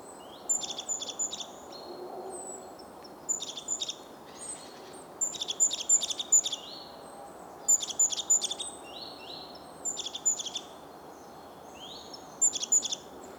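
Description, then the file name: Great tit calls: bright, high chinking notes in tight clusters of three or four, repeated every two to three seconds over a steady low hiss. "Parus major"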